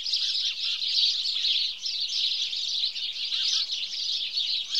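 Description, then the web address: House sparrow calls, a thick tangle of repeated chirps from several birds, briefly dipping in loudness near the middle. "The BBC Sound Effects Library. Birds. House Sparrow (Passer Domesticus)"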